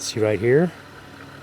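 A winch clutch knob on the winch of a Jeep Gladiator is being handled to turn it back to the engaged position and re-engage the gear. Someone talks briefly over a low, steady hum. The knob has not snapped back or clicked into place yet.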